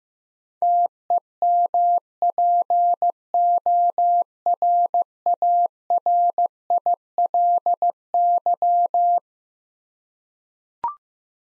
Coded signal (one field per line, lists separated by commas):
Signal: Morse code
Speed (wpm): 15 wpm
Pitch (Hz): 700 Hz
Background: none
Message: TEMPORARILY